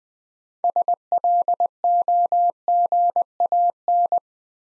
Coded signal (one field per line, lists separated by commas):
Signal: Morse code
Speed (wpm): 20 wpm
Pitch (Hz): 700 Hz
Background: none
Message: SLOGAN